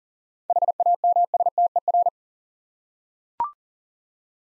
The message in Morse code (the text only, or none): HAMSTER